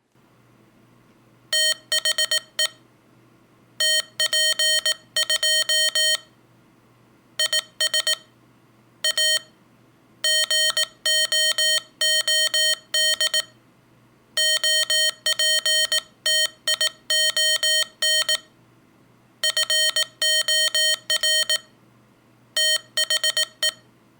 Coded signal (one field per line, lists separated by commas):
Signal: Morse code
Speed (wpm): 18 wpm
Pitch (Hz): 3100 Hz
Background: none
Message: THE TP2 IS A GOOD OPTION FOR THE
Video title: BaMaKey TP-II Morse Code Paddle by BaMaTech